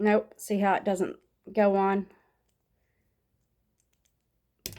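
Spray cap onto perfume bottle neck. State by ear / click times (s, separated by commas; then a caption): seated / 4.7 s. A spray cap is pressed onto the neck of a perfume bottle. Someone talks for the first two seconds, a quiet pause follows, and then a sharp click at 4.7 seconds shows the cap has seated and fits.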